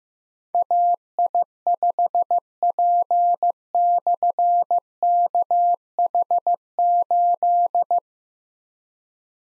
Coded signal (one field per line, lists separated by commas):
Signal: Morse code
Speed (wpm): 15 wpm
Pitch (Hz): 700 Hz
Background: none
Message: AI5P/KH8